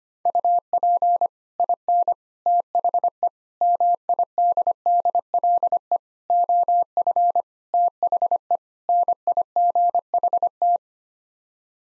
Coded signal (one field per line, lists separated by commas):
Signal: Morse code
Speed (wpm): 25 wpm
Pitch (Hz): 700 Hz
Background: none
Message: UP IN THE MIDDLE OF THE NIGHT